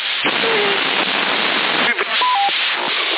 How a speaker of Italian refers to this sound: Mi asso ce l'ho anche io il bip, senti. Si sente il mio bip,